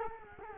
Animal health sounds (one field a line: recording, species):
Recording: mosquito wingbeat signal from an infrared sensor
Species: Culex quinquefasciatus